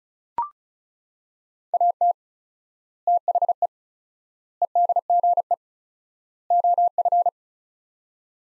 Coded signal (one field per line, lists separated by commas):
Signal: Morse code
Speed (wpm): 36 wpm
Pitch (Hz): 700 Hz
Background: none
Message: AT THE EDGE OF